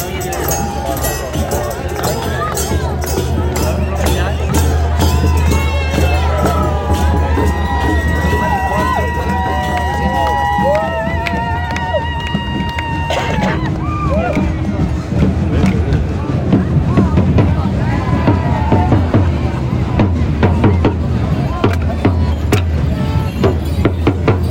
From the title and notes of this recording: Jack in the Green procession, Hastings, UK. I was at the Jack in the Green procession in Hastings Old Town earlier today and managed to get a quick recording of the various players (in wonderful garbs) drifting.